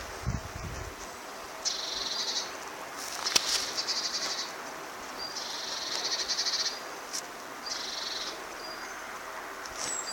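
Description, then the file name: Great tit calls: four buzzy, scolding rattles, each about a second long, over a constant hissing background noise. "Parus major"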